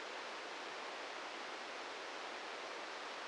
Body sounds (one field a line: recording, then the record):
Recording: brain microelectrode recording played as sound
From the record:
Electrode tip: outside the subthalamic nucleus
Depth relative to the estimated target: 1 mm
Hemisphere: left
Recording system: NeuroSet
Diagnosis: Parkinson's disease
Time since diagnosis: 13 years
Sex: male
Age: 66 years